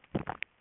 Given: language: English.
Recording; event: throat vibration sensor signal played as sound; swallow